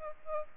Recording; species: mosquito wingbeat signal from an infrared sensor; Aedes aegypti